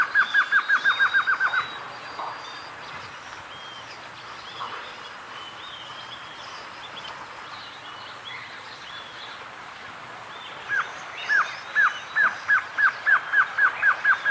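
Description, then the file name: Glossy antshrike delivers a fast burst of hooked notes, then a pause filled by faint bird calls, then a second accelerating series of the same notes. "Canto do choca dagua"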